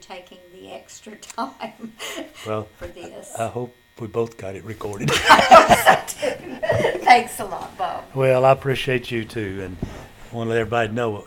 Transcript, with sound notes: --you taking the extra time (Chuckling)
Well.
For this.
I hope we both got it recorded.
(Laughter) I hope so too! Thanks a lot Bob.
Well, I appreciate you too and want to let everybody know.